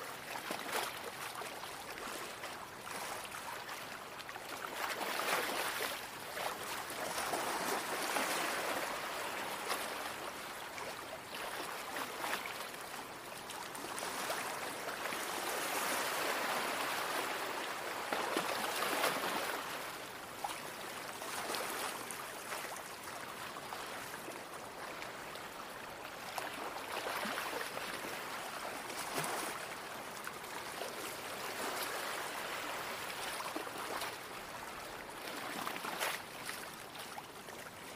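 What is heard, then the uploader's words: Gentle ocean waves wash onto a calm shore, a continuous hiss of water that swells and eases every few seconds, with fuller surges around 5, 15 and 19 seconds. The sound is mostly bright fizz and splash, with little deep rumble. Gentle Ocean Waves Sound. The sounds of a calm ocean shore.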